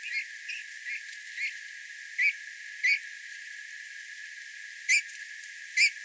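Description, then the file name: Eurasian bullfinch giving soft, short piping whistles, single notes spaced irregularly about every half second to two seconds, over a steady background hiss. "Pyrrhula pyrrhula"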